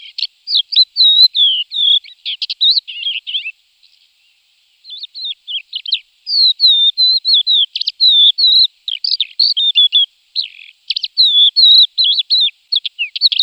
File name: Javoronok hohlatyy